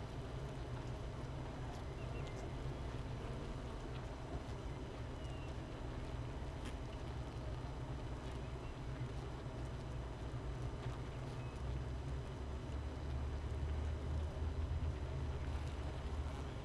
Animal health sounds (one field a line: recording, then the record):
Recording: honeybee colony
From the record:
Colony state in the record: missing queen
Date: 31 May 2018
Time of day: 13:48